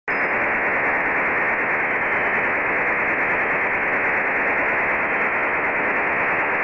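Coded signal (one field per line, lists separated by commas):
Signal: HF data modem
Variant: STANAG 4285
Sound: steady dense hiss-like rushing data signal, constant for the whole clip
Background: radio static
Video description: decode a French Navy Stanag 4285 Signal. This just seems to be a test signal, sending the French equivalent to the quick brown fox.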